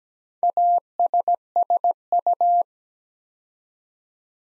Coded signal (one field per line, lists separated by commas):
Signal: Morse code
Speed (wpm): 17 wpm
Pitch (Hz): 700 Hz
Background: none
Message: ASSU